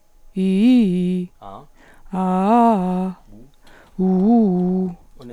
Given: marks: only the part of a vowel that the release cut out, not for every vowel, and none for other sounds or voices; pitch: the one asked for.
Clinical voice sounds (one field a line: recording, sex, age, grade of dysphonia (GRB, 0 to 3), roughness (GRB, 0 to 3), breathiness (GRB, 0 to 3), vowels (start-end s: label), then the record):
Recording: sustained vowels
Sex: female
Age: 40 to 49 years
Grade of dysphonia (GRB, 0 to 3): 1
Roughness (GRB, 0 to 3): 1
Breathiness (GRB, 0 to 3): 1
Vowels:
0.42-1.19 s: vowel /i/, low-high-low pitch
2.19-3.06 s: vowel /a/, low-high-low pitch
4.02-4.85 s: vowel /u/, low-high-low pitch
From the record:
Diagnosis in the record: hyperfunctional dysphonia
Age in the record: 42 years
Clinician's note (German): Leichte Tendenz dazu, ponogener Faktor